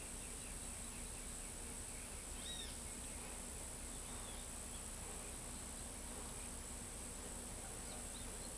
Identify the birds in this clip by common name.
Great Kiskadee